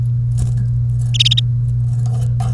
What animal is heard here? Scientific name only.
Serinus canaria